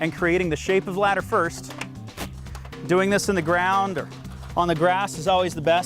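An aluminium articulating Little Giant Revolution XE ladder with ratchets is handled on the ground as it is formed into its extension-ladder shape. Someone talks over music, with a few brief soft knocks around 2.5–2.7 seconds. Nothing has seated or clicked yet; the hinge has not yet locked into place.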